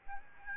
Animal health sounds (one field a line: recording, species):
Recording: mosquito wingbeat signal from an infrared sensor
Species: Aedes albopictus